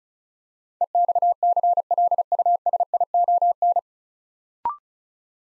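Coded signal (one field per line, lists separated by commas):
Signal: Morse code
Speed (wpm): 36 wpm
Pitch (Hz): 700 Hz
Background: none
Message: EXCLUSION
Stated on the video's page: Morse practice building 9-letter words three letters at a time at 35 wpm, for ICR training.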